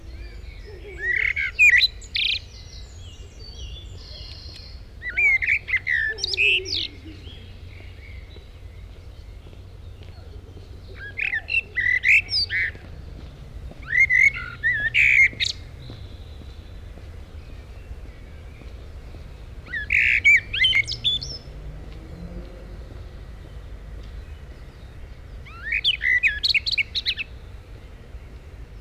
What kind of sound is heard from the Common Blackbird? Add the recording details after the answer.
song. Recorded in the wild. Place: Monheim am Rhein, Nordrhein-Westfalen, DE. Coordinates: 51.09, 6.89. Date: 1995-04-22. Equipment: Sony WM-D6C. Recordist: Skiba, Reinald. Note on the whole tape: Monheim